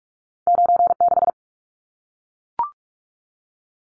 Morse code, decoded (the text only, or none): 96